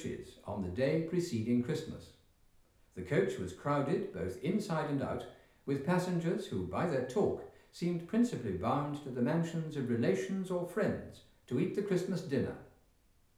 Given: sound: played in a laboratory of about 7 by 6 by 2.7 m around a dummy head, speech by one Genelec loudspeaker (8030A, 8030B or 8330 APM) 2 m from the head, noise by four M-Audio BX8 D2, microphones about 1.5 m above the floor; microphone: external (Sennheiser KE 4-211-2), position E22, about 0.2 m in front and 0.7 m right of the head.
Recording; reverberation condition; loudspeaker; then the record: male speech in English; medium; 150 degrees to the right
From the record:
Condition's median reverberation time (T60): about 510 ms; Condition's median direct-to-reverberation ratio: about -0.5 dB